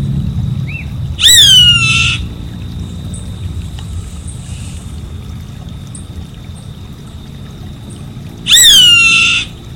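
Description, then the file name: Savanna hawk producing two harsh, falling screams about seven seconds apart, with a brief faint chirp at the start and low rumbling background noise. "Canto do gaviao vaqueiro"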